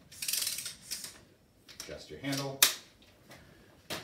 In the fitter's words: but then you just push it back again and it will lock into place adjust